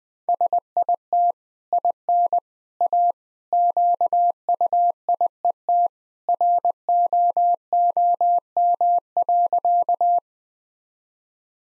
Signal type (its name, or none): Morse code